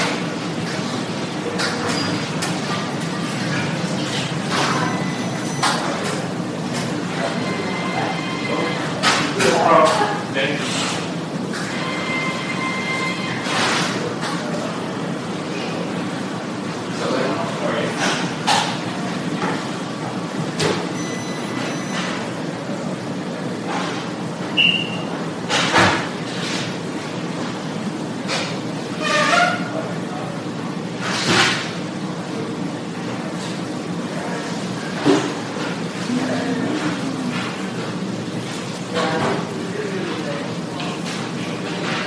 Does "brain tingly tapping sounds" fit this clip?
no